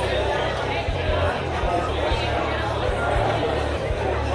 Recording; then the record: background sound without coughing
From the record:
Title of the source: CITY SOUNDS Busy Bar in the Evening Night - 2 HOURS of Ambiance for Relaxation